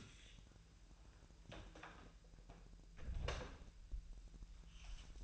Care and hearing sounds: daily activity, microphone in the room; close door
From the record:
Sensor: 2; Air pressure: 1001.2 hPa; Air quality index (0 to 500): 246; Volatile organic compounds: 83 ppm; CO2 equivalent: 3630 ppm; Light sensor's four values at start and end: 6/15/6/6 and 7/16/6/6

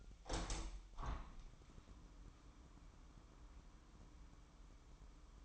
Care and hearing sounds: daily activity, microphone in the room; open window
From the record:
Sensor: 1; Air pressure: 998.2 hPa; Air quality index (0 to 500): 140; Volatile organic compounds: 4 ppm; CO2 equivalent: 1679 ppm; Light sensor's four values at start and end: 16/53/21/22 and 16/53/21/22

